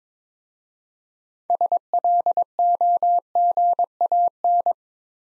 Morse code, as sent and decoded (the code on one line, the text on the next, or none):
... .-.. --- --. .- -.
SLOGAN